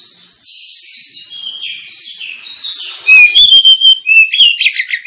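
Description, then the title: Oriental magpie-robin song: quiet high warbling notes, then from three seconds a loud run of sharp whistles and quick descending slurs. Lure of an Oriental magpie-robin (kacer) in loud, continuous song, used to provoke other kacer birds into singing and fighting. "Kacer Langsung Tarung Konslet KACER NGOTOT FULL TEMBAKAN. Kacer dimana SAJA Bakalan NGEPLONG GACOR dengan Pancingan Kacer ini"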